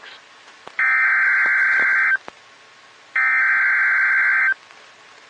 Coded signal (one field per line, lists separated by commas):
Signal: Emergency Alert System (SAME) tones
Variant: header bursts